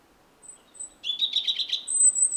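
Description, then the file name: European robin song: a thin high whistle, then a quick burst of warbled, trilling notes ending in a sustained very high whistle. "Erithacus rubecula"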